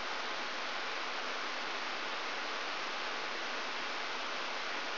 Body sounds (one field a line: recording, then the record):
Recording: brain microelectrode recording played as sound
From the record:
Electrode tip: outside the subthalamic nucleus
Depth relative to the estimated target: 0 mm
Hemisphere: right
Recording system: AlphaMap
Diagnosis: Parkinson's disease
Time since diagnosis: 20 years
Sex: female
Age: 65 years